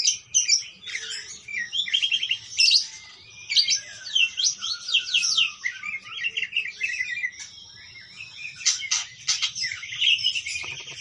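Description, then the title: Parakeet chattering, a dense run of high chirps, squeaky warbles and rapid buzzy notes with short pauses, continuing through the whole stretch. "Parkit"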